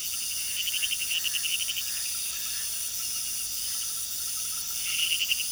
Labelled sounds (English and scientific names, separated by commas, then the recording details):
none
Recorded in pastures near Puerto Asís, Putumayo, Colombia, on 18 February 2024 at 01:00
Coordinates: 0.466, -76.323
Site G6384